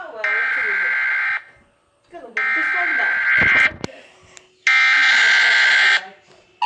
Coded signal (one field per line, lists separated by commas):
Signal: Emergency Alert System (SAME) tones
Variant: header bursts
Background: speech